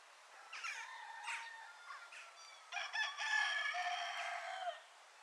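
Bird calls: several short harmonic notes, then a louder drawn-out phrase in the second half.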